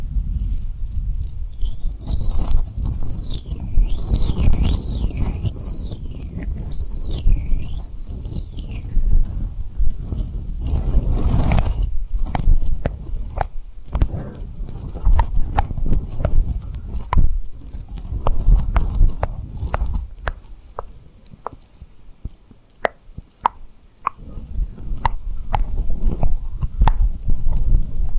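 Tapping and rubbing on rhinestones, with soft low rubbing running underneath throughout. Sharp taps and little mouth-like clicks come irregularly and grow more frequent in the second half. Early on, from about two to nine seconds, a faint wavering high tone swoops up and down.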